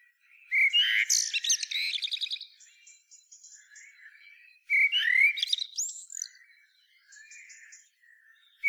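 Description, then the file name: Common blackbird song: two phrases, each opening with a low fluted whistle that breaks into a high squeaky twitter, separated by soft quiet warbling. "Turdus merula"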